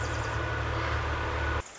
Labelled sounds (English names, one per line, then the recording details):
Pacific Wren
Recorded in Sonoma County, California